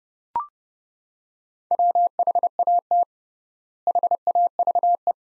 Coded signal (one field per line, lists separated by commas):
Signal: Morse code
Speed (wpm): 30 wpm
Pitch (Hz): 700 Hz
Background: none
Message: WHAT HAVE